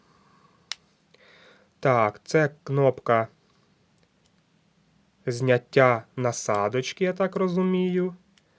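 A plastic comb attachment is handled near the head of a battery-powered Gillette Fusion ProGlide Styler trimmer while someone talks, with a single sharp tap at 0.7 s and a few faint ticks. Nothing has seated or clicked into place yet.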